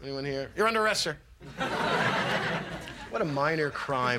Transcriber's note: soundbite of audience laughing